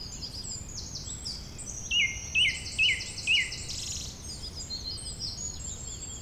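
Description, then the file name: Bird song: four sharp downslurred notes about half a second apart amid a dense chorus of high buzzy trills and twitters. "beautiful Birdsong"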